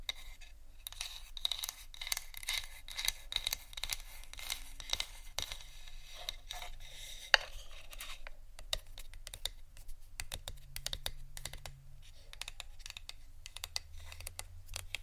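Rapid, irregular tapping and scratching on marble and wood, dense bright clicks throughout with a sharper knock near seven seconds.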